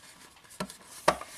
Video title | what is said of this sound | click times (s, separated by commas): Ideas For 1:6 - Renewing A Old Grandfather Clock - Ends With Small Stop Motion | I'm going to take the backside and place that and it pops right in what is nice too | 1.1 s